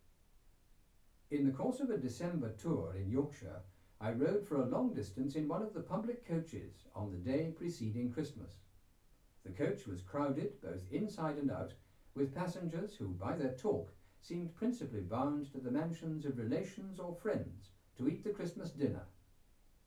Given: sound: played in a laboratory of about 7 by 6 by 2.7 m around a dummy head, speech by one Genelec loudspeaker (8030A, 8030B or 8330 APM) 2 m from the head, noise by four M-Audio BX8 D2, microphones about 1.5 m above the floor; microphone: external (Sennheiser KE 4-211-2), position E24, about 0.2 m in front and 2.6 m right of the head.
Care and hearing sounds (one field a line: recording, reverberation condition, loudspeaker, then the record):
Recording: male speech in English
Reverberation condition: low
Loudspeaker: behind (180 degrees)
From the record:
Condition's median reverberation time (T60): about 310 ms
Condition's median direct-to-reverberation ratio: about 3.5 dB